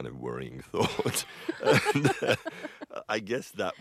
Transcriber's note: soundbite of laughter